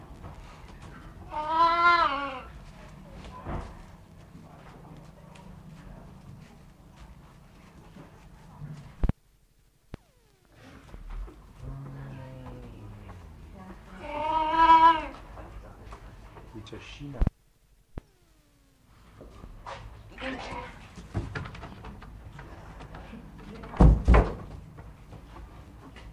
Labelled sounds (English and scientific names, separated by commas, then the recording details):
Clouded Leopard (Neofelis nebulosa)
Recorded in captivity
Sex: male
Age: adult
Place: Tierpark Berlin, Berlin, DE
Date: 1960-03-26 14:00
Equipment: Reporter (Vollspur)
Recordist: Tembrock, Günter